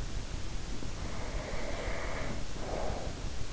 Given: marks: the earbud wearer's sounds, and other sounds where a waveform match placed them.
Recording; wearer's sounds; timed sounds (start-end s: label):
sounds in sleep by an in-ear microphone; breath
0.75-3.28 s: breath